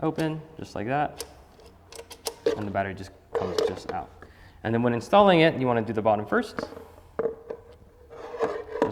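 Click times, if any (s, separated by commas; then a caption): 8.8 s. An e-bike battery is opened with its safety latch and taken out, then put back bottom first and pushed into its frame mount while someone talks. Light taps and knocks are heard throughout, and a sharp click at 8.8 s marks the battery popping into place, seated in the mount.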